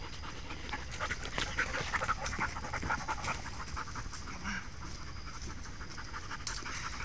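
Dog panting in quick, breathy, uneven puffs throughout, with steady background hiss.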